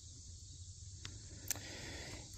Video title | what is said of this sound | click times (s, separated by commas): Firefield RapidStrike Rifle Scope 1 6x24, Very well made LPVO! | And being a budget scope, you do have to wiggle a little bit to get to snap back down afterwards, but no big deal. | 1.5 s